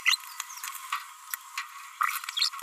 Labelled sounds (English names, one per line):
Green-rumped Parrotlet babbling